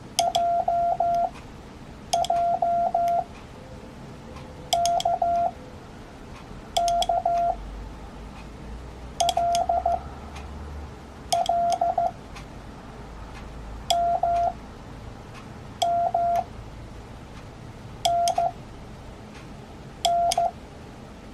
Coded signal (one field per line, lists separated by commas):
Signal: Morse code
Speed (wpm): 14 wpm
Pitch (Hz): 690 Hz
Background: none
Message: J J K K L L M M N N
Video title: 모스 부호 배우기 | See & Hear Morse Code | Learn Morse Code #morsecode #hamradio